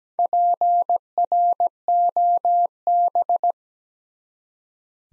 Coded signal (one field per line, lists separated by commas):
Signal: Morse code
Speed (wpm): 17 wpm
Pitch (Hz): 700 Hz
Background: none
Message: PROB